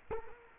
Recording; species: mosquito wingbeat signal from an infrared sensor; Culex quinquefasciatus